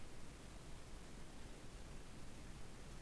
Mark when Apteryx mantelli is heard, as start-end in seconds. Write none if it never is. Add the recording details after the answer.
none. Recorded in New Zealand on 8 January 2015. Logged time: 04:57. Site BX23